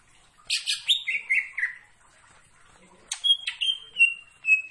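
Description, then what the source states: Greater green leafbird song: a burst of ringing, downslurred whistles, a pause, then several sharp notes and steady high whistled tones. Bird singing actively, described as gacor, meaning vigorous continuous singing.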